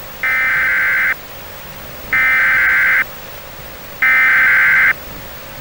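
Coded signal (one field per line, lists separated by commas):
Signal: Emergency Alert System (SAME) tones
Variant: header bursts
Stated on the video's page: Fictional Christmas EAS scenario with valid tones.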